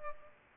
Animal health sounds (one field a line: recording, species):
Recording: mosquito wingbeat signal from an infrared sensor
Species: Culex pipiens